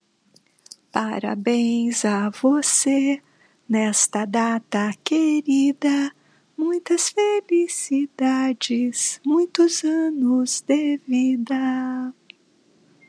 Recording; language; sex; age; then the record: short text; Brazilian Portuguese; female; 60 to 69 years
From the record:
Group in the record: control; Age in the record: 62 years